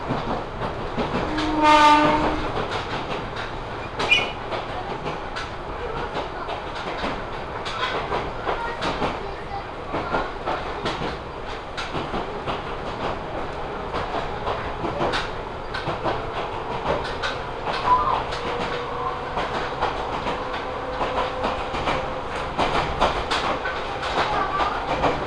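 A ride aboard an Ohmi Railway train on the line toward Kibukawa, with a steady rumble and dense rattling running throughout. Sharp clicks and clacks come irregularly from the wheels and car, and a brief whining tone rises near the start and again around the middle.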